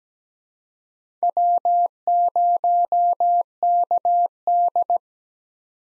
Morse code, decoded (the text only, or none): W0KD